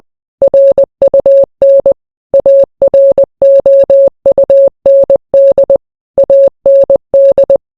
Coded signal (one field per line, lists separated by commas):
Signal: Morse code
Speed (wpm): 20 wpm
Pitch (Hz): 550 Hz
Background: none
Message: RUN AROUND AND